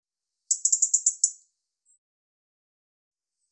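European robin singing a short, very high, thin phrase of rapid pulsed notes lasting about a second, then near silence with one faint note, and a loud note cut off at the end.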